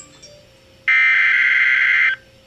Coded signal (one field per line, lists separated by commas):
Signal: Emergency Alert System (SAME) tones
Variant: header bursts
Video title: Severe Thunderstorm Warning (EAS #351)